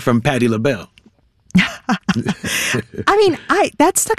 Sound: laughter